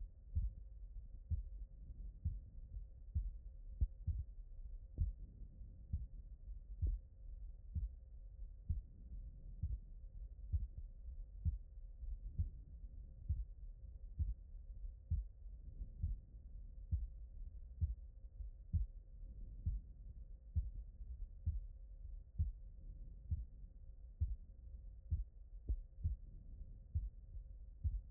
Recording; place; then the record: heart sounds by stethoscope; aortic valve (AV)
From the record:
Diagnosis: non-HFrEF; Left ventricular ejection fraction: 60%